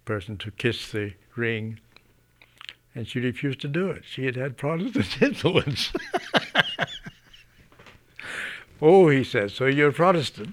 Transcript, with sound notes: person to kiss the ring, and she refused to do it because she had had Protestant influence. (he laughs heartily) "Oh," he says, "so you're Protestant."